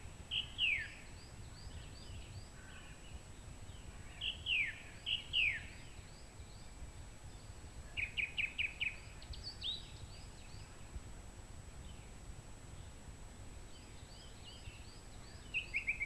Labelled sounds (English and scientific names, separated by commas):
Song Thrush (Turdus philomelos) song